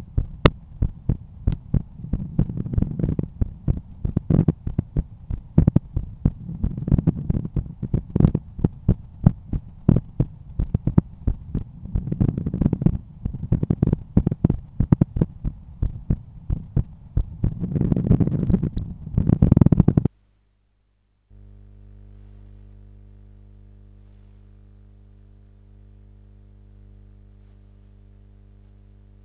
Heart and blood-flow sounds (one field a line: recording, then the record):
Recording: heart sounds by stethoscope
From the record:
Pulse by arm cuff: 89 bpm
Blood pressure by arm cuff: 141/91 mmHg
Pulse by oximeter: 91 bpm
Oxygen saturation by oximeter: 97%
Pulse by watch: 92 bpm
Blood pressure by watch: 126/80 mmHg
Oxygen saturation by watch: 97%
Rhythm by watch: sinus rhythm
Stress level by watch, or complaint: low stress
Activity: after 5 min smoking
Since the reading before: plus 4300 steps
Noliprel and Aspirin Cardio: no pills today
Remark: recalibration of the watch 3 / 3 measurements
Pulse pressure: 50 mmHg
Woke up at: 7:00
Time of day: 20:30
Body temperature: 36.4 C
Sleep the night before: 8 h 5 min, score 54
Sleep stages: REM 28%, light 57%, deep 5%, awake 10%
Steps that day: 9800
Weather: cloudy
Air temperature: 15.1 C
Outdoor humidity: 90%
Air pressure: 1014 hPa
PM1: 2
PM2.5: 5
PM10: 7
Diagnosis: hypertension, treated with Noliprel and Aspirin Cardio 100 mg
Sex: male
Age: 53 years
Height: 174 cm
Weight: 81 kg